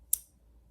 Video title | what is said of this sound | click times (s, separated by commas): Pocket pick review after months of use! | and it gives a nice solid click | 0.1 s